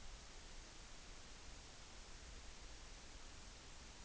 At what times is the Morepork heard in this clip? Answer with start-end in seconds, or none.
none